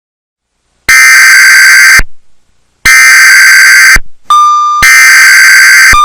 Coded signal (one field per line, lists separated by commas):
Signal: Emergency Alert System (SAME) tones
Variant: header bursts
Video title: EAS Mini Scenario:The Great Austin Tornado